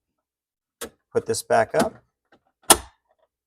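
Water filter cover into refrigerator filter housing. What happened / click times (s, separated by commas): The plastic cover snapped shut into its clips / 2.3 s, 2.7 s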